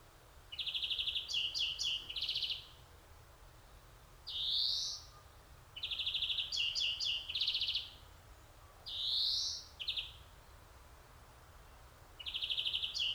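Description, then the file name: European greenfinch alternating rattling trills with buzzy wheezes, repeated several times. "Chloris chloris"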